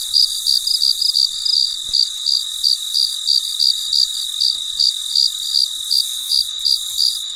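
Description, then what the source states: Cricket chirping in quick, bright pulses, roughly three per second, steady throughout, with a soft continuous hiss behind. Recorded late at night; very quiet surroundings.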